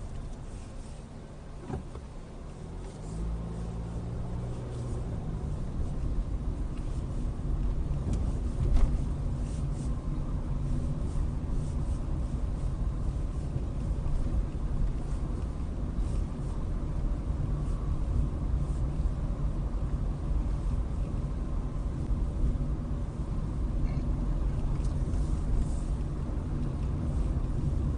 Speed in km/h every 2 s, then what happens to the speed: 3, 6, 15, 18, 18, 18, 18, 21, 21, 19, 21, 23, 23, 23.
0-6 speeds up to 18. 6-28 steady at about 21.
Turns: none.